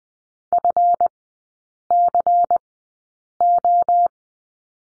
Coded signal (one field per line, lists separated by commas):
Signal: Morse code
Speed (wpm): 20 wpm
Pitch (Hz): 700 Hz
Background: none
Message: FCO